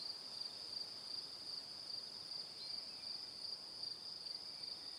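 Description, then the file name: Cricket, steady high chirping, an even pulsed trill running the whole time over quiet background noise. "Calm - Evening Crickets"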